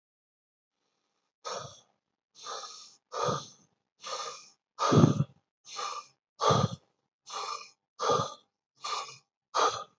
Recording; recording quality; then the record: shallow breathing; excellent, no background noise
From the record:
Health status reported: healthy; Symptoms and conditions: hypertension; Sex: male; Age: 51 years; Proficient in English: yes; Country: India